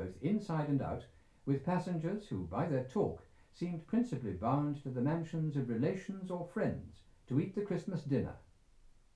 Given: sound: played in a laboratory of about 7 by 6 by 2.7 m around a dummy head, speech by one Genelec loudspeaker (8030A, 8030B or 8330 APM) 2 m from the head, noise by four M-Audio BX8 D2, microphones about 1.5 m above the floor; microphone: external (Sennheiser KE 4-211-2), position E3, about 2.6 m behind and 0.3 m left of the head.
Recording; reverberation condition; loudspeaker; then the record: male speech in English; low; 150 degrees to the left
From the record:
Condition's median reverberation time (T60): about 310 ms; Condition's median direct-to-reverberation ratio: about 3.5 dB